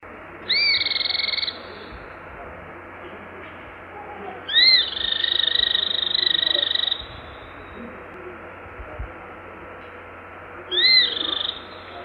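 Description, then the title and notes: Cliff flycatcher calling in three bursts of high, sharp notes, each opening with a quick rising upslur and then a long buzzy trill, over a steady low hum. "gibão-de-couro. Casa dos Pássaros"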